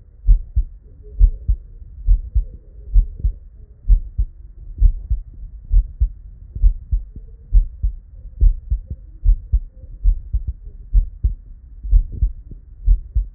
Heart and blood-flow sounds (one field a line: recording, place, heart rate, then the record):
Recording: heart sounds by stethoscope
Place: Erb's point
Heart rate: 67 bpm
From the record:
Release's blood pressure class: hypertension stage 1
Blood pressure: 130/68 mmHg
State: at rest